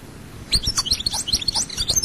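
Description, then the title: European goldfinch song fragment, a quick run of bright high chirps and twitters starting after a brief quiet moment. "Chant Chardonneret"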